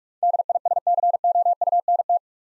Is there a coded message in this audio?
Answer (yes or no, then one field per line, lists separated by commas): yes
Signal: Morse code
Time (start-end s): 0.2-2.2 s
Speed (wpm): 44 wpm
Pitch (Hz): 700 Hz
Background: none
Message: DISCOUNT